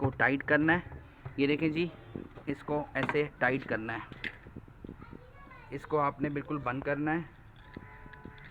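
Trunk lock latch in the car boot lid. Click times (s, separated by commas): 8.1 s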